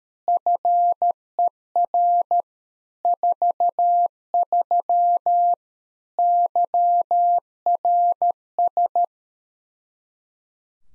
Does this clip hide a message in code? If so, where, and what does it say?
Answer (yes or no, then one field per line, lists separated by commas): yes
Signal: Morse code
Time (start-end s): 0.3-9.0 s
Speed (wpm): 13 wpm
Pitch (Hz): 700 Hz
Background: none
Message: FER 43 YRS